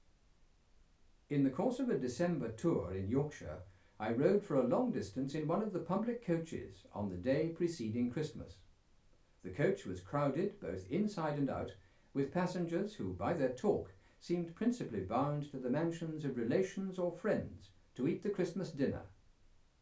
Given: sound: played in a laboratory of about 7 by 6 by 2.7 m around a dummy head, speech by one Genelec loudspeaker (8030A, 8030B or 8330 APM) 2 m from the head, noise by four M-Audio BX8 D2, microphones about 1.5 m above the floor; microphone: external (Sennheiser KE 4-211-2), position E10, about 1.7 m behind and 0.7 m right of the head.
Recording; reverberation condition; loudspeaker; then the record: male speech in English; low; 150 degrees to the left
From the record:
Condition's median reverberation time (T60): about 310 ms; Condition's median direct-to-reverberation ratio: about 3.5 dB